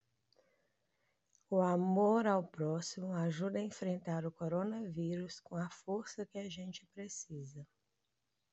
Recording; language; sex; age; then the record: spoken sentence; Brazilian Portuguese; female; 30 to 39 years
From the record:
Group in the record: control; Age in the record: 37 years